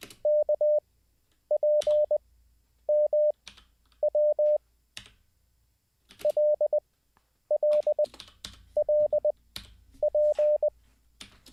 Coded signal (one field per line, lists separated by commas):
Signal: Morse code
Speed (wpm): 20 wpm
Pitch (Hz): 600 Hz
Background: none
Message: KPMW LLLP